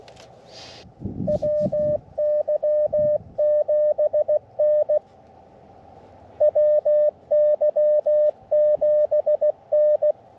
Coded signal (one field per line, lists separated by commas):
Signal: Morse code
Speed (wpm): 14 wpm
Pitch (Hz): 600 Hz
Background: none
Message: WY7N WY7N